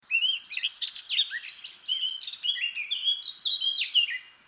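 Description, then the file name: Eurasian blackcap singing a continuous lively warble of scratchy chatter mixed with mellow whistled notes. "Sylvia atricapilla"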